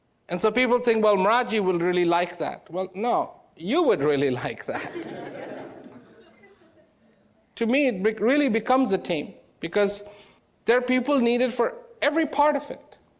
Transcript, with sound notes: and so people think well Maharaji will really like that, well no, you would really like that. (laughter) To me it bec, it really becomes a team because there are people needed for every part of it.